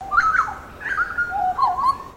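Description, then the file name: Bird giving a series of clear whistled call notes that rise and fall, with slurred phrases at the start, middle and end. Recorded at Noosa; the species is unidentified. "BIRD UNKNOWN NOOSA CALL"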